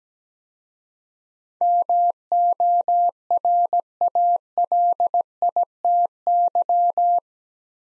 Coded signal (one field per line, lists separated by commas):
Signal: Morse code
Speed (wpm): 17 wpm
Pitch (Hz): 700 Hz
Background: none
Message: MORALITY